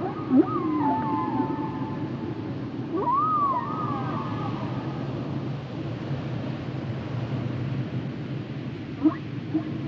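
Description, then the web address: Whale song: sweeping whistles that rise and fall in the first four seconds, then mostly low rumble with brief tones near the end. "Natures Songs Whale Songs Whales and Dolphins - whale nature sounds songs"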